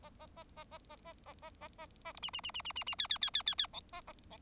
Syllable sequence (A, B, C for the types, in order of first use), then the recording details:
A A A A A A A A A A A A B C C C C C C C D D D D D D E A A E. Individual Bird4